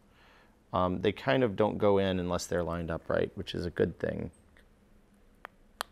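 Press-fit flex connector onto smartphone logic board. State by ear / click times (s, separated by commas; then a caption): seated / 5.8 s. A small press-fit flex connector is lined up carefully and pressed onto a smartphone logic board while someone talks. After the talking stops, there are a couple of faint ticks, and then at 5.8 s the connector snaps home with a sharp click after a slightly firmer push than usual, leaving it seated.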